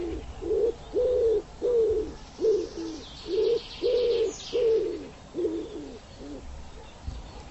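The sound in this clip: A bird repeats short, low, throaty hoots in a long series, fading toward the end.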